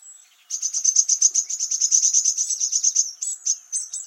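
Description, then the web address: Eurasian blue tit calling, a fast, high, even trill of sharp repeated notes lasting about two and a half seconds, then a few separate high notes. "cianscape. Deverinetal"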